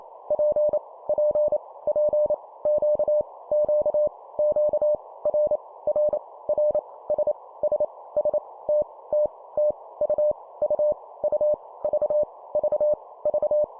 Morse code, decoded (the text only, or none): P P P Q Q Q R R R S S S T T T U U U V V V